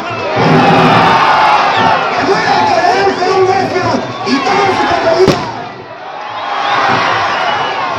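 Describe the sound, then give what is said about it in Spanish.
A large crowd at the Morismas festival in Vetagrande shouts and roars together in sustained, overlapping battle cries, loud and continuous, with a sharp bang near the end and the voices swelling again afterward. “¡A gritar con entusiasmo!”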